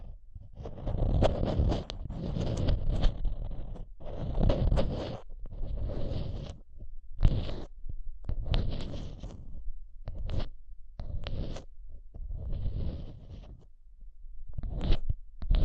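Mic tapping and scratching come in dense bursts of a second or two, separated by short quiet gaps. The sounds are mostly low, thick rumbles with a hissy upper edge, and sharp single taps land near seconds 7, 10 and 15.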